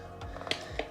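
The folding stem of a new 2022 Dragon GTR V2 electric scooter is raised and locked during unboxing. After a few soft taps and rustles, the metal folding latch engages with a sharp click at 0.5 s, followed by another short tap at 0.8 s. The latch clicks into place and the stem is seated.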